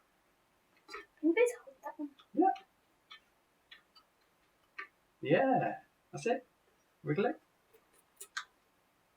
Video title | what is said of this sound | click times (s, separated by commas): Thermaltake TR2 S 700W power supply Review and Beginners Install Guide | I heard a little click there. That went in. | 8.2 s, 8.4 s